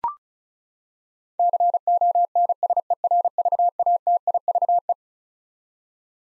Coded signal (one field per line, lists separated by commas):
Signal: Morse code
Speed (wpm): 36 wpm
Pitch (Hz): 700 Hz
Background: none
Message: CONSERVATIVE